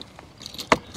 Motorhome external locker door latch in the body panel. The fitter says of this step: clicks and clicks.